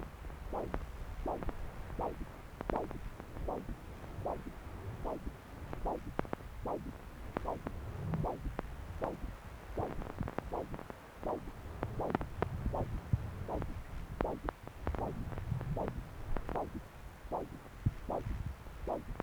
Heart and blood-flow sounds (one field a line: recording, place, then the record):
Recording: Doppler ultrasound of blood flow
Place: right subclavian vein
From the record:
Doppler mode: continuous wave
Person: adult scuba diver, at rest before a dive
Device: O'Dive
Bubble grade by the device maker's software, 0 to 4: 0